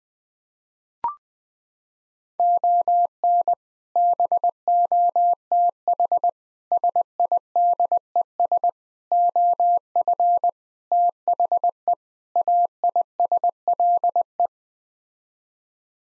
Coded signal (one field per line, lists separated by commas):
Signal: Morse code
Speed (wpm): 21 wpm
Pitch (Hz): 700 Hz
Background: none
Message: ON BOTH SIDES OF THE AISLE